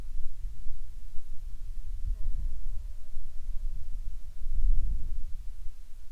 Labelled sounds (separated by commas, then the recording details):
insects
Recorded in the Prudhoe Bay oil fields, Alaska, on 10 July 2019 at 13:48
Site 14